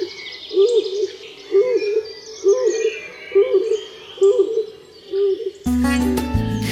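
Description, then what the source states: Stock Dove hooting, soft rhythmic double-pulsed low notes about once a second, with other birds singing behind, then a loud burst of music at the end. Played from a disc; rhythmic, pulsing, soft hooting, said to sound eerie, like a ghost, when heard in forest early in the morning.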